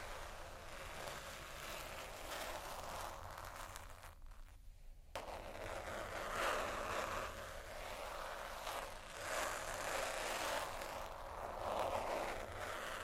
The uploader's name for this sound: Slow Scratching & Tapping on Textures